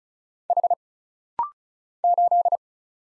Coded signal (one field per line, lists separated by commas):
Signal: Morse code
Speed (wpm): 36 wpm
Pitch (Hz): 700 Hz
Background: none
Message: H 8